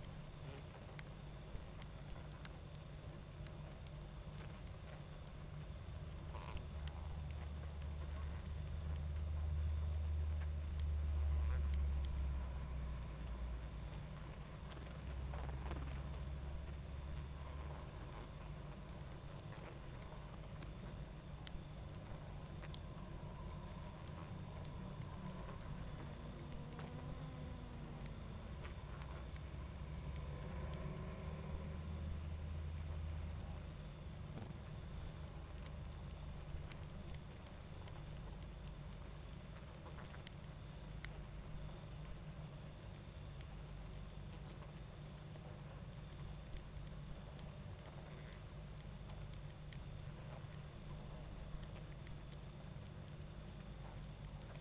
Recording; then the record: honeybee colony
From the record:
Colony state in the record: active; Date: 28 July 2017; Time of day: 21:15